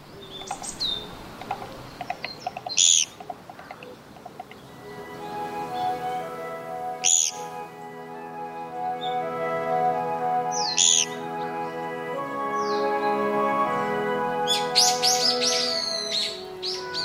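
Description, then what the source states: Japanese pygmy woodpecker giving short high squeaky calls, singly and in quick clusters, scattered throughout, with a sustained tonal drone underneath. In Yotsuya, Tokyo, Japan.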